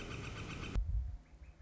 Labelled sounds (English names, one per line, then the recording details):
Northern Flicker
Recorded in Sonoma County, California